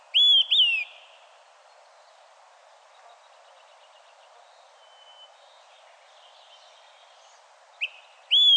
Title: LuckyPassaro Completos2Sama. Olive-sided Flycatcher (Contopus cooperi)